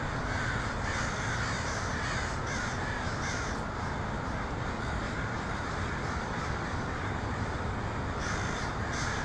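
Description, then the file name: Crows calling in a crowd, scratchy caws over a persistent low hum. Crows in Portland (pdx), 23 October 2018. "pdx crows 2018-10-23"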